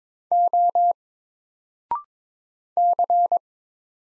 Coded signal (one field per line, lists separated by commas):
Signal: Morse code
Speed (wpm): 22 wpm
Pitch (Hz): 700 Hz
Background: none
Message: O C